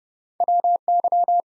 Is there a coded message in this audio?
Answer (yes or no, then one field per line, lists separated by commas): yes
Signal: Morse code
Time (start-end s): 0.4-1.4 s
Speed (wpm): 30 wpm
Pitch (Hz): 700 Hz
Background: none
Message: WY